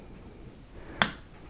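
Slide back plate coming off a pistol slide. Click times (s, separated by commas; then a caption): 1.0 s. While the spring-loaded striker and extractor plunger are held down, the back plate is slid off a Glock pistol slide. It comes free with a single sharp snap at 1.0 s, driven by the spring pressure, after only faint low background noise. The back plate is released.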